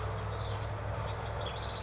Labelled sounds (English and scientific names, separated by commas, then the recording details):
House Wren (Troglodytes aedon)
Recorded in Sonoma County, California